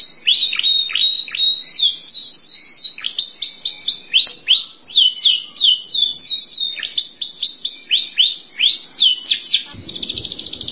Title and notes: Suara Burung Kenari